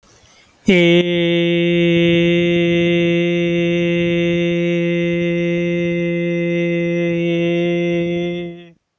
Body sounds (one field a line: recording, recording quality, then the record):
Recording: sustained vowel as in made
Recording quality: excellent, no background noise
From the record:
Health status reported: healthy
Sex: male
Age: 35 years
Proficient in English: yes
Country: India